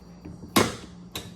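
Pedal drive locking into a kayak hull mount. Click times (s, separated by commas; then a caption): 0.6 s. A kayak pedal drive is locked into its kayak hull mount by pressing the blue release down and spinning the pedal until it locks into position. A loud, sharp click at 0.6 s marks it seating, followed by a fainter knock at 1.2 s. The drive is confirmed locked in place.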